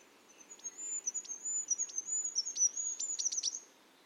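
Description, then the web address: Bird giving a long run of high, thin whistles broken by quick downward ticks, ending in a cluster of sharper notes, over a soft hiss of background noise. "Bird Only"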